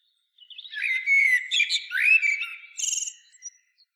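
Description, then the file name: Common blackbird song phrase: a short run of whistled notes ending in a high scratchy twitter, lasting about three seconds. "Turdus merula"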